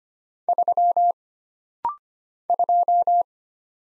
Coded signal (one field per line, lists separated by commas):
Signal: Morse code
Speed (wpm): 25 wpm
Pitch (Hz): 700 Hz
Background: none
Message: 3 2